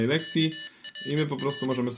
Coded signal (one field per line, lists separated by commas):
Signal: Morse code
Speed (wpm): 22 wpm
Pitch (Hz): 2950 Hz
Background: speech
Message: KRR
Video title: Co to właściwie jest Morserino i skąd ta popularność? To pomoże Ci nauczyć się CW Morse'a!